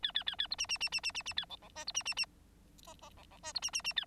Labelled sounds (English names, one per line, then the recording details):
Bengalese Finch song
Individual Bird9